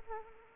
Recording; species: mosquito wingbeat signal from an infrared sensor; Anopheles arabiensis